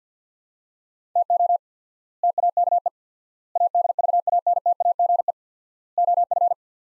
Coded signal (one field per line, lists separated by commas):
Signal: Morse code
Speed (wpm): 47 wpm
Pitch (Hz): 700 Hz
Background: none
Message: TO TAKE ADVANTAGE OF